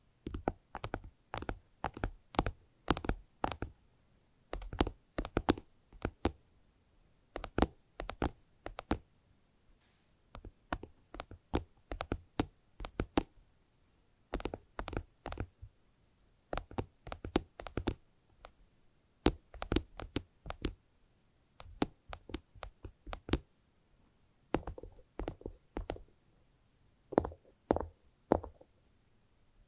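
Rapid fingertip tapping comes in quick bursts of sharp, clicky strikes, each burst a few seconds long with short pauses between. The taps are crisp and bright, some with a dull knocking thud underneath, and the rhythm stays busy and fairly even throughout.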